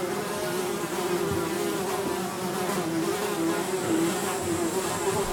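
Fly: low buzzing drone of flies.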